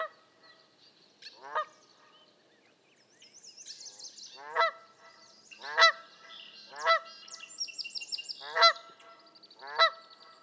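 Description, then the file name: Canada goose honking starts quietly then grows into a run of strong nasal honks, while small birds twitter and chirp at a higher pitch throughout. "kanadai lud hangja"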